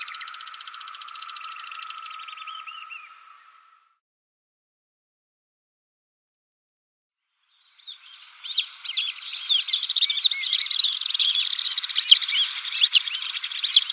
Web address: Schulze Peter Alpine Swift